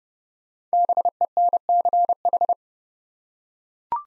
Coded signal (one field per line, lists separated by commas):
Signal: Morse code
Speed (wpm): 30 wpm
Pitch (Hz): 700 Hz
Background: none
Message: BENCH